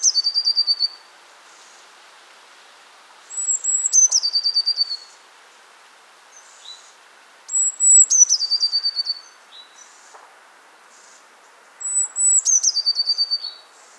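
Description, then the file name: Eurasian blue tit phrases: a sharp, high whistle followed by a rapid trill, repeated about every four seconds, the first cut short at the start. Faint soft chips are heard between phrases. "Cyanistes caeruleus"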